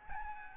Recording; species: mosquito wingbeat signal from an infrared sensor; Aedes albopictus